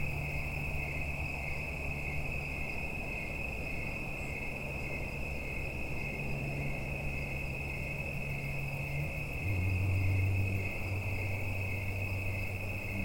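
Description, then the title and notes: Insects droning steadily at a high pitch, a softer, even hum over a low rumble that briefly swells near the tenth second. Insects giving mating calls in the evening in late summer and autumn at Watts Ranch in the United States; insects near the end of their lives. "Autumn insects on Watts Ranch. In much of the United States, insects start calling in the evening in late summer and into autumn. Recorded by Neal Johnson. Part of the Music for Sleep project"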